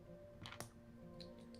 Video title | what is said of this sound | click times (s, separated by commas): Building a Saturn V - live | oh that was a satisfying click yeah | 0.5 s, 0.6 s